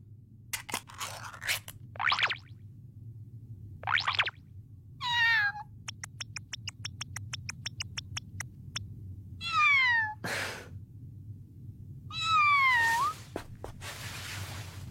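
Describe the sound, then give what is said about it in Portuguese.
A cat meows in a scene from the Portuguese dub of Dragon Ball Super, three calls each sliding downward in pitch, between short bursts of crunchy chewing and a quick run of light clicks over a steady low hum; no one speaks. “Eu ouvi dizer que os gatos esquecem a cara dos donos passados 3 dias, sabes?”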